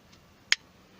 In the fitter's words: right in and clicks right in.